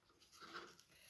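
A diamond-painted decorative panel is handled and pressed toward a plastic Christmas collectable gift box frame, where it is meant to clip in on each side. Soft, breathy handling noise rises and falls, with a brief faint tick at 0.8 s. Nothing has seated or clicked yet.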